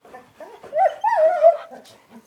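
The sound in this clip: Dog whimpering, a high wavering whine that rises and falls over about a second, with softer whimpers before and after.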